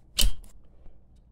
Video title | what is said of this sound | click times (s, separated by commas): babyboat Bassinet Bedside Sleeper with 360° All Air Mesh, Bedside Crib with Storage Basket | hear that snap and you do it for all sides so basically | 0.2 s